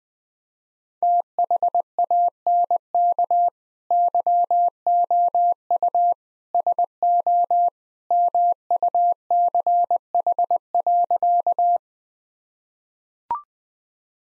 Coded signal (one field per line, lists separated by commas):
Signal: Morse code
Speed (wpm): 19 wpm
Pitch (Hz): 700 Hz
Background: none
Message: THANK YOU SO MUCH.